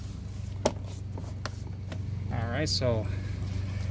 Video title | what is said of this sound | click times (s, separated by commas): 1999 Toyota Sienna V6 3.0 L Front Passenger Window Stwich, And Regulator Motor Intermittent Problem | Once you got the wires already out from the door panel, now you could just push it in and everything locks in place. | 0.7 s, 1.5 s